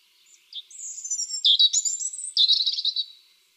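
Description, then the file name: European robin song phrase of high, thin whistles sliding up and down, then a quick, sparkling trill at the end. "Erithacus rubecula"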